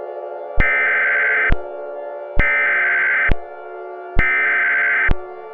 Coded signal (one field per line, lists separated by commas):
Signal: Emergency Alert System (SAME) tones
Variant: header bursts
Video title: EAS: Not So Harmonious